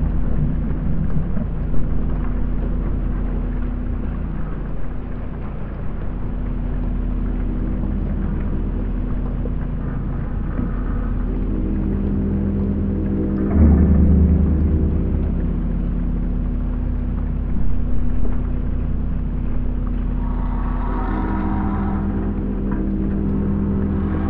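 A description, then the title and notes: Floating pontoons shift on the water, giving a deep, continuous rumble with droning low tones that swell and fade. Around fourteen seconds a louder groan rises, and near twenty-one seconds a higher creaking moan wavers briefly. Nothing reaches into bright registers. The eery-strange chaotic sounds made by floating pontoons moving in response to watery energies. In mid-winter this year, I went down to a favourite pontoon that floats alongside the Sydney Opera House at a place named the Man O’War Steps.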